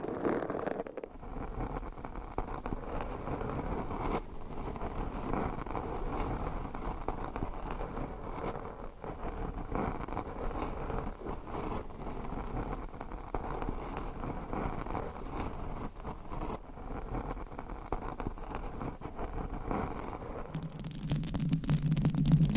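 Nails scratch steadily over a microphone cover, a dense, low rubbing rumble with quick rasping strokes that barely lets up. There is a brief drop near the first second, and close to the end the sound shifts to a louder, deeper hum.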